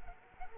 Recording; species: mosquito wingbeat signal from an infrared sensor; Culex quinquefasciatus